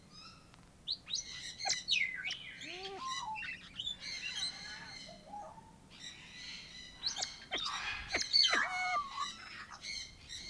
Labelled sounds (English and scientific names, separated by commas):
Siamese Fireback (Lophura diardi) call